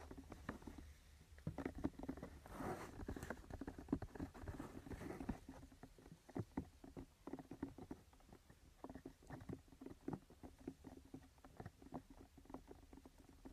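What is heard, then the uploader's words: A rain stick pours out dense, crackly pattering made of many tiny taps. The flow is heaviest and fullest from about two to six seconds, then thins into sparser, uneven clicks and small bursts that carry on to the end over a low, steady hum. Rain stick.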